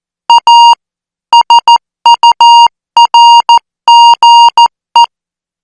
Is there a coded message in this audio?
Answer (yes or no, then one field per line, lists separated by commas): yes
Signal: Morse code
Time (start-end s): 0.3-5.0 s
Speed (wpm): 14 wpm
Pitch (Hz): 940 Hz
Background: music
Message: A SURGE